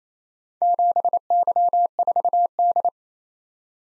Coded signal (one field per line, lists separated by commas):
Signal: Morse code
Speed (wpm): 31 wpm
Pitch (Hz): 700 Hz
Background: none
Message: 7Y4D